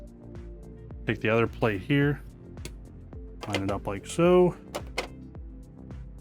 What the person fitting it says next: and everything should snap into place the way it should it does